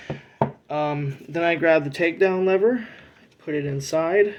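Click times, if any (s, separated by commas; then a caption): 0.4 s. The front of a pistol slide is used as a tool to push a P320 X5 Legion's fire control unit (trigger group) fully rearward into its polymer grip module. A sharp click at 0.4 s marks the unit seating home, and someone talks before and after.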